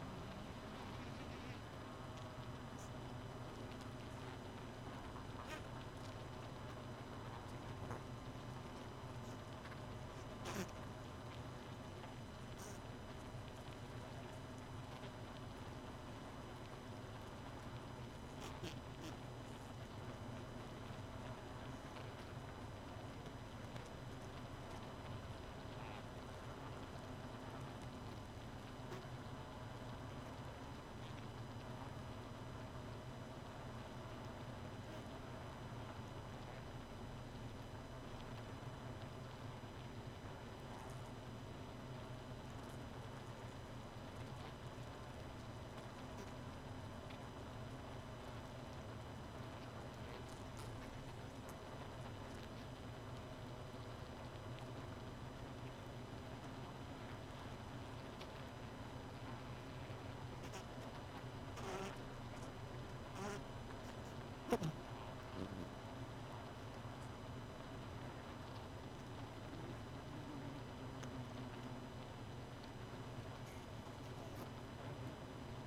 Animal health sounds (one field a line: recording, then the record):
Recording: honeybee colony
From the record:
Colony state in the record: missing queen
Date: 31 May 2018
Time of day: 2:21